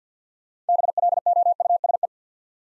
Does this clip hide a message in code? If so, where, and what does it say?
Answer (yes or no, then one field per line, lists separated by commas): yes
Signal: Morse code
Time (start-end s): 0.7-2.1 s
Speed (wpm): 50 wpm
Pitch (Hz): 700 Hz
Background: none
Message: BLOUSE